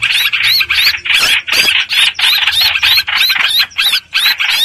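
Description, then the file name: Streak-eared bulbul distress calls, rasping notes capped by short whistles, repeated in quick succession about three times a second. Distress call used to call the flock together. "Tieng chim trao trao keu cuu goi bay"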